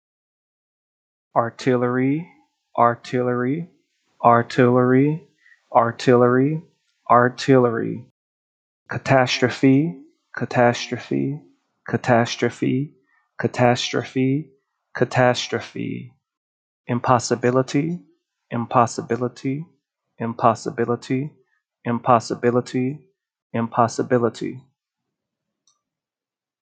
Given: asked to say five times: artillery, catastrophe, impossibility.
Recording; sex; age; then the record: three words, each repeated; male; 30 to 39 years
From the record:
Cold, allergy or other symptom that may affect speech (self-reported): no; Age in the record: 39 years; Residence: Arkansas, United States